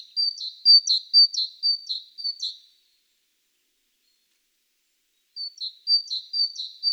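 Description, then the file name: Great tit song, a rapid run of paired high and lower notes, about two phrases a second, a pause of a few seconds, then the same pattern resumes. "Parus major"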